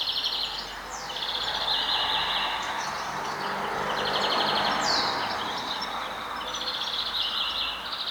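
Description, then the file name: European greenfinch giving rapid trilled twitters around high pitch, with a few quick downward-sliding notes near the start and middle, over steady background hiss. "Chloris chloris"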